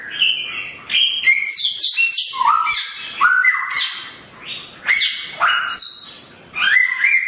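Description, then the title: Songbird song: loud, varied phrases of whistled notes jumping between high and lower pitches, with squawky bursts and brief pauses between phrases. Songbird described as singing vigorously (gacor) at high volume. "SAMYONG 1 MILYAR GACOR VOLUME TEMBUS [Burung Kicau"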